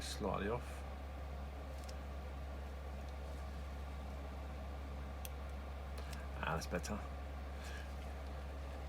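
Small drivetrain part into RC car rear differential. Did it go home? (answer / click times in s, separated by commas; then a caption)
no / none. A small drivetrain part is handled at the rear differential of an Arrma Kraton EXB RC truck whose rear diff outdrives have a wobble. Someone talks briefly at the start and again near the end over a steady low hum, with faint sharp ticks at about 5.3 s and 6.1 s. Nothing has seated or clicked into place yet.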